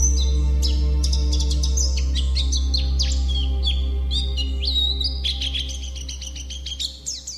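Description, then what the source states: White-eye song, a fast, high twittering run of sharp chirps and slurred notes, fading toward the end, over a steady low hum. Labelled a 'terapi' (therapy) recording.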